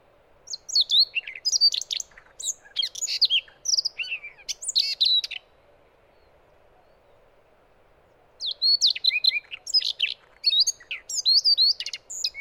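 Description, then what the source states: Siberian rubythroat song: varied, rapid warbling phrases of whistles and scratchy notes, mostly high-pitched, in two bursts separated by a three-second pause. Recorded 30 May 2014 at 20:18.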